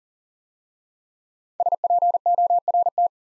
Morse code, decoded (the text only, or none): SPORT